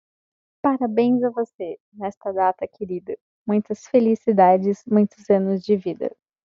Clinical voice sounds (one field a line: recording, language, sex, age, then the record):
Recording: short text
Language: Brazilian Portuguese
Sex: female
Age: 20 to 29 years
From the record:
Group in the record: control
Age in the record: 29 years